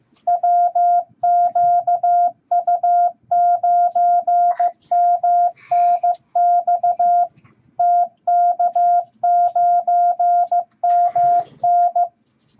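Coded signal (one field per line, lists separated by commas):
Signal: Morse code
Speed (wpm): 15 wpm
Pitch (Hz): 700 Hz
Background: none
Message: WQU9MNX TK9MN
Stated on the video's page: Morse practice set of random letters and numbers at 15 words per minute.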